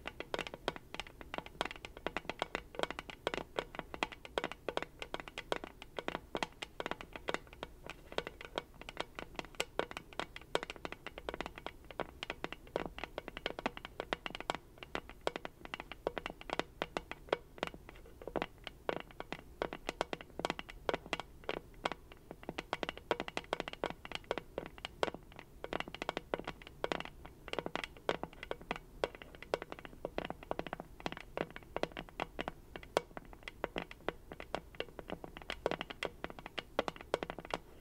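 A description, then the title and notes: Continuous fingertip tapping fills the whole clip, quick and dense, with clustered strikes that never settle into a strict beat. The taps are crisp with a slight scratchy edge, heard with no other sounds. ASMR 100% Pure Tapping For Tingles & Sleep (No Talking).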